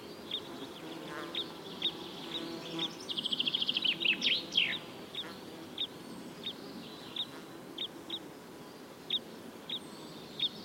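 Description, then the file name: Two-barred crossbill calls, many short high chip notes, with a brief rapid series of notes in the middle, over steady background hiss. "Mindre korsnabb"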